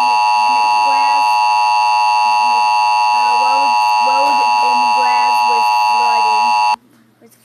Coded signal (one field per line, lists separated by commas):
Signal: Emergency Alert System (SAME) tones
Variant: 853 and 960 Hz attention tone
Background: speech